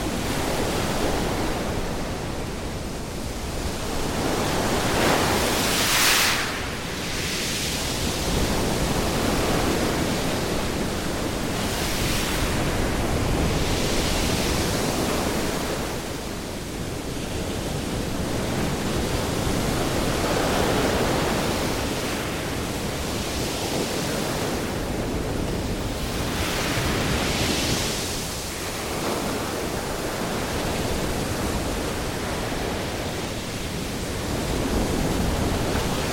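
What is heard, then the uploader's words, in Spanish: Pacific waves roll in as a dense, continuous wash of surf, rising and falling in slow swells every few seconds. Brighter hissing surges stand out near 6, 12, 20 and 27 seconds as waves break and spread, over a steady low rumble. Relajantes Olas del Pacífico.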